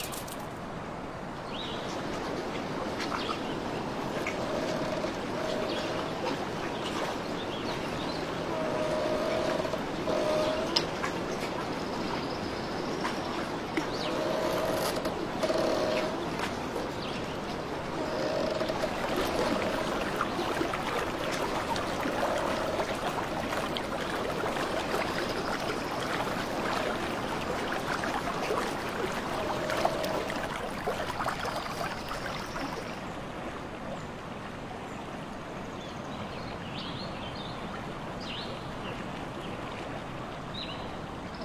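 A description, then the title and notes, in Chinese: A real nature ambience with a steady, dense wash of rushing noise throughout. Faint short calls rise briefly out of it around 9–10 and 14–16 seconds, among scattered soft ticks. After about 33 seconds the sound thins slightly and loses some brightness. 真实录制的大自然白噪音氛围。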